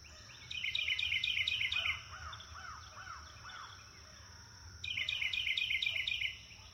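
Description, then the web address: Birds chirping: rapid bursts of bright, high twittering notes, then a series of several arched, down-slurred whistles, before the fast twittering returns over a low steady hum. "sound-effects-bible Forest Birds Chirp"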